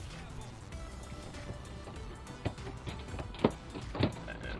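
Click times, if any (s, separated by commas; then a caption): none. An aftermarket plastic side marker light is pushed into its opening in a car bumper over faint background music, producing a few short knocks and rattles around 2.5, 3.4 and 4.0 seconds. It was expected to snap in, but nothing has clicked or seated: the light stays loose in the opening.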